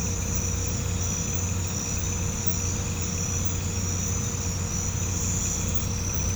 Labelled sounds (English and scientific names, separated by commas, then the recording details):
none
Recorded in pastures near Puerto Asís, Putumayo, Colombia, on 18 December 2024 at 03:00
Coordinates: 0.505, -76.324
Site G063